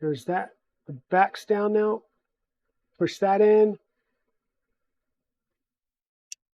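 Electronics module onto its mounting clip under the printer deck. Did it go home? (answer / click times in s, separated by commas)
yes / 6.3 s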